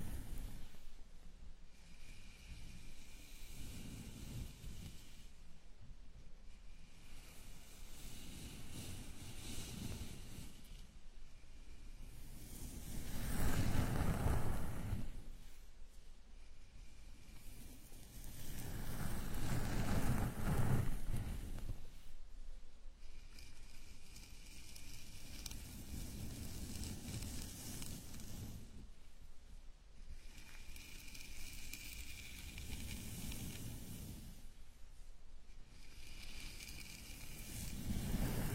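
A gentle scalp massage gives soft, steady rubbing and brushing, swelling into louder bursts of hair friction around 13 and 20 seconds.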